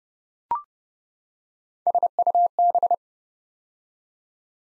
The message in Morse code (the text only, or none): SUB